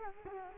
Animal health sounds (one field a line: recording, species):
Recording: mosquito wingbeat signal from an infrared sensor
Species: Culex quinquefasciatus